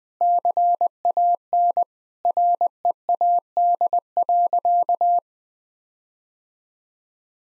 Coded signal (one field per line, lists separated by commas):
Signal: Morse code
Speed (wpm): 20 wpm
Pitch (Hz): 700 Hz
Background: none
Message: CAN READ.